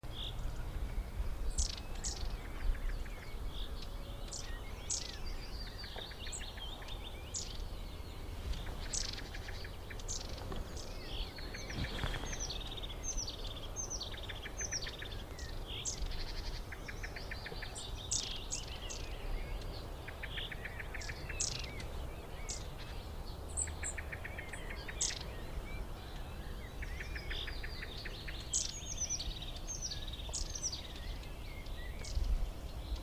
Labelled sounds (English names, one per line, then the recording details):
Long-tailed Tit call
Common Blackbird
Common Chaffinch
Great Tit
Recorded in the wild
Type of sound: call
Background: Turdus merula, Fringilla coelebs, Parus major
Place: Schönow, Naturpark Barnim, Brandenburg, DE
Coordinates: 52.6892, 13.5014
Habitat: forest
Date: 2005-05-28
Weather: clear, 16°C, no wind
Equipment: Edirol R-4, Sennheiser MKH 70, Windschutz
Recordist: Frommolt, Karl-Heinz
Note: Naturschuztgebiet Schönower Heide: Rufe. Entfernung ca. 10 m. Tiere gesehen